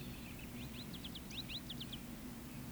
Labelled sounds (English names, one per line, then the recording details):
Eurasian Woodcock whistle
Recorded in Baden-Württemberg, Germany, on 14 May 2021 at 19:03 UTC
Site 25175, 602 m above sea level